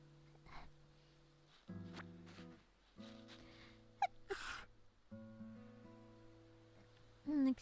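A single sharp, hissing sneeze from an adult woman after a quick breath in, over soft steady background tones.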